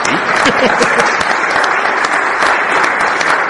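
An audience applauds with dense, steady clapping that holds at a fairly loud level for the whole stretch, with a few faint voices mixed in near the start.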